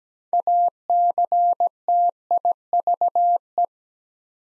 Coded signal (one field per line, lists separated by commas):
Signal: Morse code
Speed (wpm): 17 wpm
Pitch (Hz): 700 Hz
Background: none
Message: ACTIVE